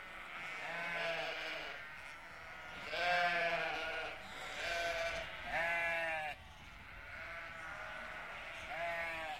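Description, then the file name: Sheep bleating, a series of wavering, harmonic-rich bleats throughout. "Schafe"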